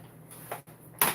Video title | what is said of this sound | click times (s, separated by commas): Uncle Donnie's Computer | It kind of clicks into place. | 1.0 s